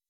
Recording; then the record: hydrophone in a shrimp aquaculture tank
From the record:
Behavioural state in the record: weakened